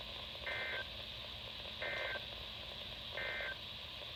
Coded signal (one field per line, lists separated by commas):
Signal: Emergency Alert System (SAME) tones